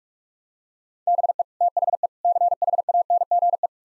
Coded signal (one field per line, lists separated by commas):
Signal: Morse code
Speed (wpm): 46 wpm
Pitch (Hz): 700 Hz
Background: none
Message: BE THE CHANGE